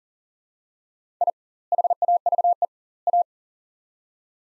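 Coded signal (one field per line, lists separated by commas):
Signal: Morse code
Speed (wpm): 40 wpm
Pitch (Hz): 700 Hz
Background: none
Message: I HAVE A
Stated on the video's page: Morse practice of three-word sets at 40 wpm with double word spacing, a Farnsworth-like method, each set sent then spoken.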